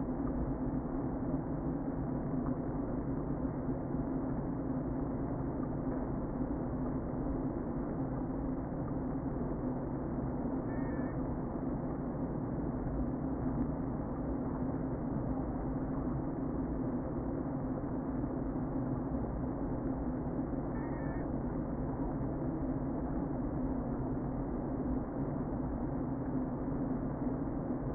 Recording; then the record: honeybee colony, microphone inside the hive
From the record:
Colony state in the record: queen present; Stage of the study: before two queens were removed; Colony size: about 60,000 bees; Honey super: yes